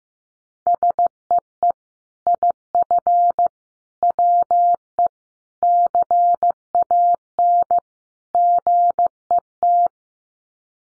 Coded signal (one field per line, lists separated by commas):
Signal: Morse code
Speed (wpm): 15 wpm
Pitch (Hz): 700 Hz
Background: none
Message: SEE IF WE CAN GET